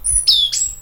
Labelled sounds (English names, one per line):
Stitchbird song